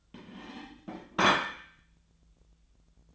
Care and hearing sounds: daily activity, microphone in the room; place plate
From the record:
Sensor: 3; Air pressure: 1009.4 hPa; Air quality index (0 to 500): 198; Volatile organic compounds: 17 ppm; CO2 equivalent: 2564 ppm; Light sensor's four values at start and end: 34/83/35/38 and 34/83/35/38

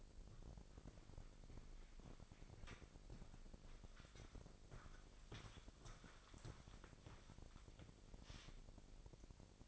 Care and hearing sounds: daily activity, microphone in the room; walk to room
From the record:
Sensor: 5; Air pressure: 999.5 hPa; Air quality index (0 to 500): 216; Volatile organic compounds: 19 ppm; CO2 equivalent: 2641 ppm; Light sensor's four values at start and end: 34/80/32/31 and 33/75/30/29

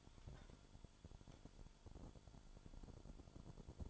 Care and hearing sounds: daily activity, microphone in the room; take from stove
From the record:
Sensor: 5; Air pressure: 1008.0 hPa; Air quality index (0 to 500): 107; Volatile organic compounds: 1 ppm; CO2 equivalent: 832 ppm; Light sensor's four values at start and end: 30/63/28/29 and 30/64/28/29

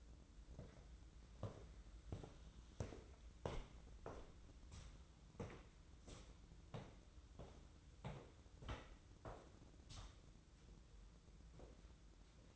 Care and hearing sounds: daily activity, microphone in the room; walk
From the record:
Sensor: 3

